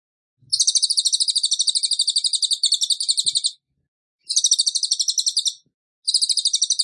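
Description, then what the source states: Tembakan bird song: a long, fast, high-pitched pulsing trill, then two shorter trill bursts after brief silences. Masteran for training cage birds; the bird is gacor, singing actively and often.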